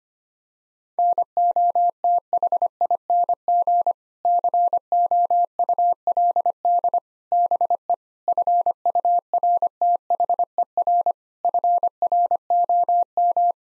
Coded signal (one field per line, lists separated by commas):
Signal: Morse code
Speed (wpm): 25 wpm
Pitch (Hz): 700 Hz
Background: none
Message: NOTHING COULD BE FURTHER FROM